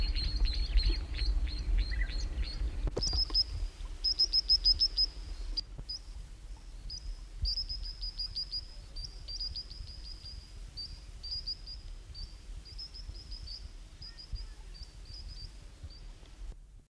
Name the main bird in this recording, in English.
Three-banded Plover